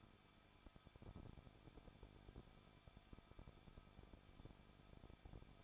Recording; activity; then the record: daily activity, microphone in the room; no activity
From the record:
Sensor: 5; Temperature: 20.8 degrees Celsius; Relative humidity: 38.5%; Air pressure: 1006.5 hPa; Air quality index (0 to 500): 191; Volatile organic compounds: 20 ppm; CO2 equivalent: 2701 ppm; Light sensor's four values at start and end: 2/3/1/1 and 2/3/1/1